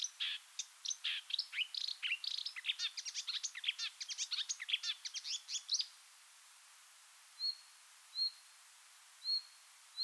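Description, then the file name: Marsh warbler song: a dense rapid medley of high buzzy and slurred notes for six seconds, followed by spaced short whistles. "suara-kicauan-burung-marsh-warbler -omkicau"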